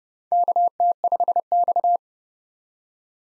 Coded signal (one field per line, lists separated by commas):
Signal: Morse code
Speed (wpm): 30 wpm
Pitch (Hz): 700 Hz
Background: none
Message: KT5X